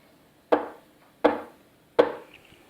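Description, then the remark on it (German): Three firm knocks on a door, evenly spaced with short pauses between, each a sharp woody thud that rings briefly, with no voices. “Als ihre Mutter einkaufen geht, klopft es.”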